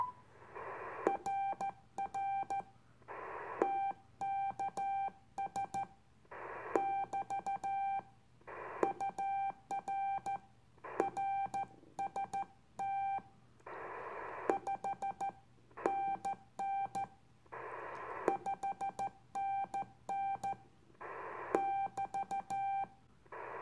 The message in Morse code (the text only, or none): RR TKS <BT> UR RST 5NN 5NN <BT>